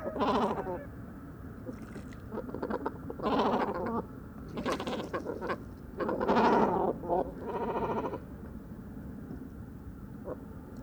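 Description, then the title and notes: Great cormorants trading loud, rasping, gargled croaks in several short bursts over a constant low background hum. Roost at dusk on the shore of Vaccarès, Camargue, 4 January 2020; birds gather on fishermen's posts, squabbling constantly over too little space until nightfall; distant car murmur; mkh40 microphone. "Dortoir de Grands cormorans. 04 janvier 2020-Bord du Vaccarès - Camargue"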